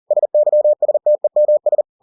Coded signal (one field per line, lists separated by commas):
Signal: Morse code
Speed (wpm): 40 wpm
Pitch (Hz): 600 Hz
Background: none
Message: SYSTEMS